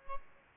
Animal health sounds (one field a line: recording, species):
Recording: mosquito wingbeat signal from an infrared sensor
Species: Aedes albopictus